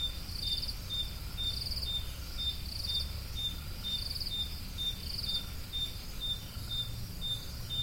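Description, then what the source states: Crickets chirping, a steady high trill with pulsed chirps about once a second that stop after about five and a half seconds, above low rumbling background noise. Recorded at Roodekopjes.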